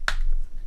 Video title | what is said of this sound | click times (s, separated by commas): 110 Lumen Flexible LED Work Light 56256 Harbor Freight | you hear a click then pretty much in there | 0.1 s